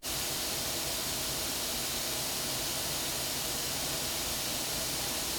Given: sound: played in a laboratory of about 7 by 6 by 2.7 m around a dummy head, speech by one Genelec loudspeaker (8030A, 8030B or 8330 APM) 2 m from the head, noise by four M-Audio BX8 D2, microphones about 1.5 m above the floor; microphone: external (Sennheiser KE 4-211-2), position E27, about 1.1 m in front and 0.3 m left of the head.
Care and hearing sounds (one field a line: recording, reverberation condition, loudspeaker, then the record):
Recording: white noise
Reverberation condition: low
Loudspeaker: four, about 170 cm from the corners of the room and facing them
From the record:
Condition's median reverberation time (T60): about 310 ms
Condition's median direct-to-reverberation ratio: about 3.5 dB